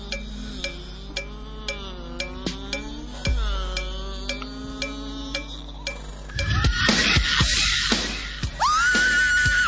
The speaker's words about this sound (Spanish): Bueno, ustedes saben que yo siempre espero el grito para arrancar a hablar.